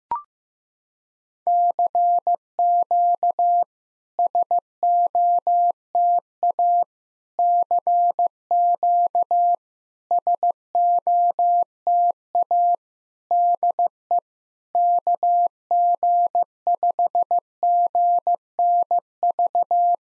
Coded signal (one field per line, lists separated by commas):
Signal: Morse code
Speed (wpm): 16 wpm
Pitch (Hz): 700 Hz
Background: none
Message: CQ SOTA CQ SOTA DE KG5GNV